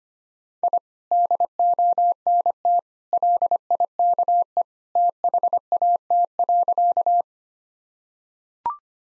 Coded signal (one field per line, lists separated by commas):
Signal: Morse code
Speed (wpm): 25 wpm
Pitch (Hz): 700 Hz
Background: none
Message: I DONT LIKE THAT.